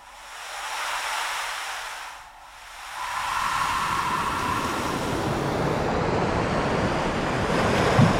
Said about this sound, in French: C'est ça qui est marrant aussi, c'est qu'il n'y a pas de vagues pareilles. D'ailleurs, quand vous regardez la mer, vous n'allez pas voir de vagues pareilles.